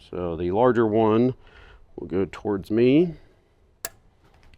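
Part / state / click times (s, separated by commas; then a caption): wiring harness connector into car amplifier / seated / 3.9 s. Someone talks while the larger black plastic wiring harness connector is pushed into the socket of an Alpine plug-and-play 4-channel amplifier from a powered subwoofer kit for a 2014–2021 Toyota Tundra. A sharp snap at 3.9 s marks the connector seating in place, followed by a few faint ticks.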